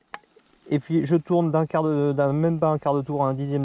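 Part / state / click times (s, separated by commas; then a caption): smartphone case clip coming off a bicycle stem phone mount / released / 0.1 s. A smartphone case clip is released from a bicycle stem phone mount by pressing a small release button and twisting the phone a small fraction of a turn. A single short, sharp click at 0.1 s marks the mount letting go, and from about 0.7 s someone talks. The phone comes off the mount.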